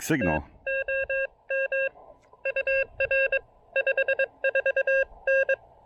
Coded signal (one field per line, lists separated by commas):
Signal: Morse code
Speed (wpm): 22 wpm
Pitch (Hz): 2700 Hz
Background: speech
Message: TOM UR 54N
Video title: QRP POTA & SOTA at Monte Sano State Park in Huntsville, Alabama!